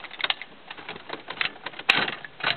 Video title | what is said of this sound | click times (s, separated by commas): Honda Civic stereo | and then push it all the way until it clicks. | 1.9 s